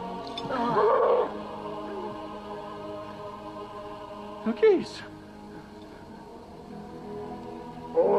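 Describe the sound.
A few deep, rumbling growls from a very large dog, rising in short bursts, with a brief spoken question between them and a steady low hum underneath.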